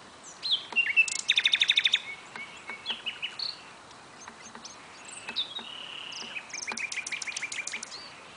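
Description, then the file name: Common nightingale song: a fast run of repeated notes, short whistles and clicks, ending in a longer series of sharp repeated notes. "Luscinia megarhynchos"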